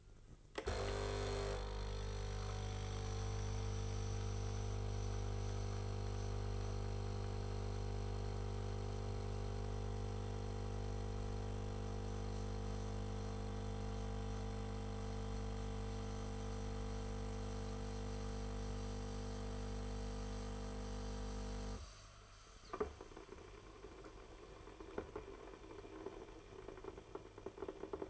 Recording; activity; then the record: daily activity, microphone in the room; make coffee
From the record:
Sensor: 4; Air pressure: 989.2 hPa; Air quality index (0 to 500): 220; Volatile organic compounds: 75 ppm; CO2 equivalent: 3560 ppm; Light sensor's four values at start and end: 24/84/31/33 and 25/86/31/33